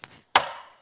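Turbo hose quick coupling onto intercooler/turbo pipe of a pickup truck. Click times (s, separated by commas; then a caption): 0.4 s. On a 2023 Ford Ranger pickup, during a winch installation, the turbo intake hose is pushed back onto its intercooler/turbo pipe at its original position. A faint tick at 0.0 s is followed by one loud, sharp click at 0.4 s that rings briefly. The hose's quick coupling is latched and seated.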